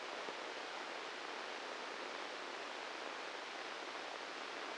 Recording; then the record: brain microelectrode recording played as sound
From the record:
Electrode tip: inside the subthalamic nucleus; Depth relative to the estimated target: -1 mm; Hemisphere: left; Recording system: NeuroSet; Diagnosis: Parkinson's disease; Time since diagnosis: 10 years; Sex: male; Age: 56 years